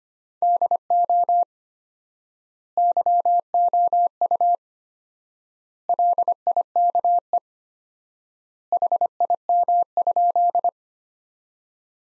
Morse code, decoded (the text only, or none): DO YOU LIKE HIM?